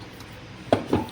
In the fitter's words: So இது போய் உங்களுக்கு லாக் ஆகிடும்.